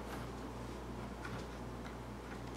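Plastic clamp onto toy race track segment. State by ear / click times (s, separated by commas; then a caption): not seated / none. A plastic clamp is being attached to and pushed onto a segment of a Hot Wheels Marvel Ultimate Spider-Man ramp toy race track. Faint light ticks of plastic handling sit over a steady low hum. The clamp has not yet snapped into place; nothing has seated or clicked yet.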